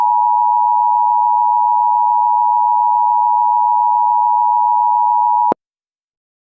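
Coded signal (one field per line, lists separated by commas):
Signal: Emergency Alert System (SAME) tones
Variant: 853 and 960 Hz attention tone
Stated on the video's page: Fictional terror-attack EAS scenario with valid tones, fake and made for entertainment.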